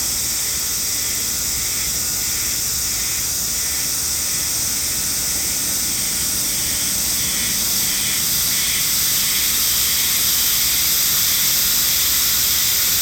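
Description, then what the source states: Himeharuzemi cicadas in full chorus, a high sizzling buzz with a clear rhythmic throb repeating a few times per second, swelling slightly toward the end. Chorus in the sacred forest of Nou Hakusan Shrine, Japan, the northernmost habitat on the Sea of Japan side; possibly near season's end; calling fairly well; recorded with an MKH8020 microphone.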